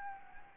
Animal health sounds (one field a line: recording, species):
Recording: mosquito wingbeat signal from an infrared sensor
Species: Anopheles gambiae